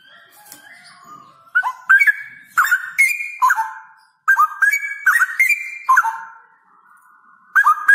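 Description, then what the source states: Straw-headed bulbul song, loud gurgling runs of rising and falling whistled notes, with softer warbling before and after them. Male Cucak Rowo singing actively (gacor) in a loud voice with long rolling trills; the recording is meant as a tutor recording (masteran).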